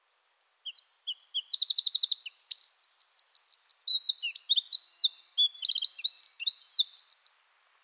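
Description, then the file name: Eurasian wren song: a rapid, loud, high-pitched outpouring of varied chips and buzzy rattling trills, running almost seven seconds without a break. "Troglodytes troglodytes"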